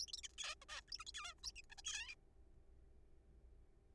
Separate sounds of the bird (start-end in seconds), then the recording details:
0.01-0.06, 0.08-0.11, 0.13-0.17, 0.17-0.21, 0.23-0.28, 0.38-0.55, 0.62-0.64, 0.69-0.81, 0.89-0.91, 0.92-0.97, 0.99-1.04, 1.07-1.11, 1.15-1.33, 1.44-1.51, 1.56-1.61, 1.70-1.75, 1.78-1.81, 1.85-2.14. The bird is a juvenile. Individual R3428